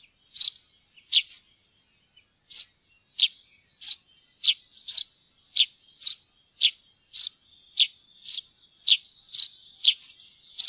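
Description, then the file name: Eurasian tree sparrow giving bright, sharp chirps, mostly single and sometimes doubled, repeated roughly every half second to second throughout with no other sounds. "pilfink"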